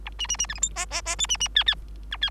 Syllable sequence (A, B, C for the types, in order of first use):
A B B B C D E F F F G B B H H